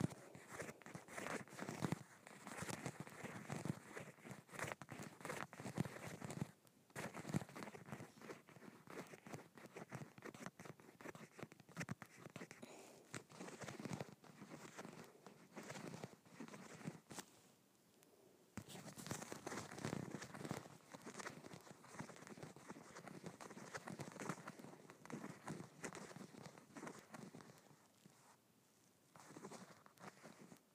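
Fingernails scratch across bumpy leather in a dense, rapid run of rough, crackly strokes that barely pause. The scraping stays fairly even and bright, dips into a brief lull around seventeen seconds, then picks back up and continues to the end.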